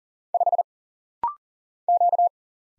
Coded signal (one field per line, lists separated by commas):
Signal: Morse code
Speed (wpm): 40 wpm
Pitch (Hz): 700 Hz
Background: none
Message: 5 Q